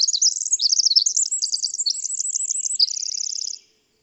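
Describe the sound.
Bird song, a busy stream of sharp high twittering notes followed by a fast uniform trill, ending abruptly in quiet.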